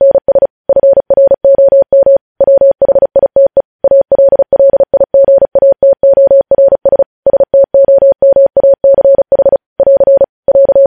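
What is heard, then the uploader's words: Morse code is tapped out as a single steady mid-pitched tone, switching rapidly on and off in short dots and longer dashes. The keying runs continuously for the whole stretch, with brief gaps between letters and words, and nothing else is audible. Morse code.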